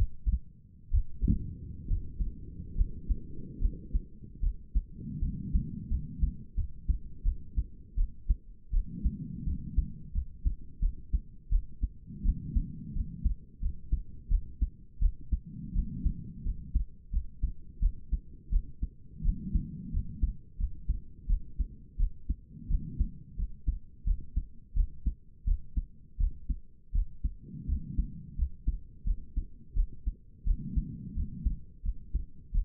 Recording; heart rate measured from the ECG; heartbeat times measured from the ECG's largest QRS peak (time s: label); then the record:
heart sounds by stethoscope; 83 bpm
0.90 s: heartbeat
1.87 s: heartbeat
2.75 s: heartbeat
3.60 s: heartbeat
4.41 s: heartbeat
5.20 s: heartbeat
5.89 s: heartbeat
6.55 s: heartbeat
7.24 s: heartbeat
7.96 s: heartbeat
8.72 s: heartbeat
9.45 s: heartbeat
10.13 s: heartbeat
10.81 s: heartbeat
11.50 s: heartbeat
12.24 s: heartbeat
12.94 s: heartbeat
13.61 s: heartbeat
14.30 s: heartbeat
15.00 s: heartbeat
15.74 s: heartbeat
16.44 s: heartbeat
17.12 s: heartbeat
17.81 s: heartbeat
18.51 s: heartbeat
19.23 s: heartbeat
19.92 s: heartbeat
20.58 s: heartbeat
21.28 s: heartbeat
21.98 s: heartbeat
22.69 s: heartbeat
23.37 s: heartbeat
24.05 s: heartbeat
24.75 s: heartbeat
25.46 s: heartbeat
26.18 s: heartbeat
26.93 s: heartbeat
27.67 s: heartbeat
28.37 s: heartbeat
29.05 s: heartbeat
29.75 s: heartbeat
30.45 s: heartbeat
31.15 s: heartbeat
31.83 s: heartbeat
32.53 s: heartbeat
From the record:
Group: healthy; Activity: breath hold 0-2 s, rest 2-33 s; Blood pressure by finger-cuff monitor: 97/59 mmHg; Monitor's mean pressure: 72 mmHg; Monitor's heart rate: 85 bpm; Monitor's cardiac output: 7.2 L/min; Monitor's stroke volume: 85 mL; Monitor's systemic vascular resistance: 720 dyn s/cm5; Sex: female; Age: 22 years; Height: 163 cm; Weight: 67.1 kg